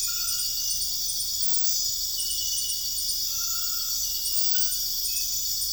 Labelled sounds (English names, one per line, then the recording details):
none
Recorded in dense forest near Puerto Asís, Putumayo, Colombia, on 9 March 2025 at 03:00
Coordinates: 0.484, -76.325
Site G045